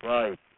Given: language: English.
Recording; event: throat vibration sensor signal played as sound; speech